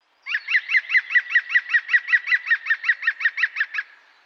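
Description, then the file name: European Green Woodpecker call, one clear laughing series of many loud, evenly spaced ringing notes lasting roughly three and a half seconds. "Pic vert"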